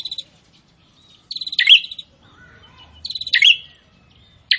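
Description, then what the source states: Prinia song: two buzzy trilled phrases, each ending with a loud sharp note, separated by quiet gaps. Prinia singing actively (gacor), presented to make listeners' own prinias more aggressive and vocal.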